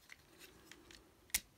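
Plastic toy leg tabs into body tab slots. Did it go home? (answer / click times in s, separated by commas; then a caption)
yes / 0.1 s, 1.3 s. During a transforming-toy conversion, plastic leg parts are lowered so their tabs fit into tab slots on the body, making faint plastic handling ticks and rubs. Sharp clicks at 0.1 s and 1.4 s, the second much louder, mark each leg tab clicking into place. Both tabs are seated.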